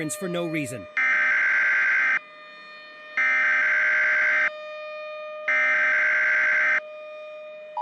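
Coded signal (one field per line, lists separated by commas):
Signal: Emergency Alert System (SAME) tones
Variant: header bursts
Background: speech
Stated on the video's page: Fake hypothetical EAS scenario; simulated alert tones for a Florida tornado outbreak.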